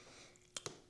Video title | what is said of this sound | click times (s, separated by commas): Samsung Standing Grip Case For Galaxy S25 Ultra | and then you don't have to work for it, but it does snap into place right there. And then, | 0.6 s